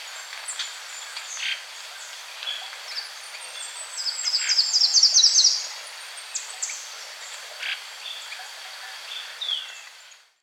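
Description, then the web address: Bronze-green Euphonia calls: high, thin chirps scattered throughout, with a quick bright trill near the middle. Andean bird of South America. "Natures Songs S America Andean Birds. Bronze-Green Euphonia (Euphonia Mesochrysa)"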